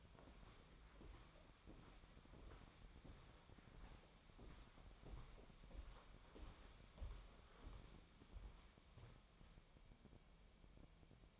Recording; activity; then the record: daily activity, microphone in the room; walk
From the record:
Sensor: 1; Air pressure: 1015.4 hPa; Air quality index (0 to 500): 127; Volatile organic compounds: 5 ppm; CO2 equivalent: 1747 ppm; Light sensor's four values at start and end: 13/32/13/15 and 12/30/12/14